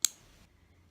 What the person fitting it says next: that click lets you know that your safety mechanism has been activated